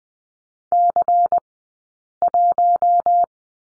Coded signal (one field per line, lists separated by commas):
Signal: Morse code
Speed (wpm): 20 wpm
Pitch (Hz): 700 Hz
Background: none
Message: C1